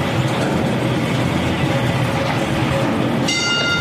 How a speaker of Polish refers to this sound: Te sygnały to są sygnały do dzwonki. Porozumiewa się sygnalista z maszyną wyciągową.